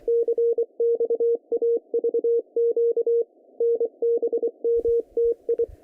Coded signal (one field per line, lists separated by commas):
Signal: Morse code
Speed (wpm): 24 wpm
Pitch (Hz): 470 Hz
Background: none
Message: CXAVQ NBMTI